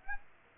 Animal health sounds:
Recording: mosquito wingbeat signal from an infrared sensor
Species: Aedes aegypti

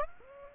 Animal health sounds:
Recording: mosquito wingbeat signal from an infrared sensor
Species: Aedes aegypti

